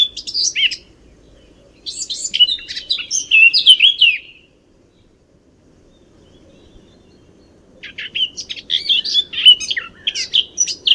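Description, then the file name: Eurasian blackcap singing in three bursts of rapid, scratchy warbling with brighter notes, the last two separated by a pause of about three seconds. "Sylvia atricapilla"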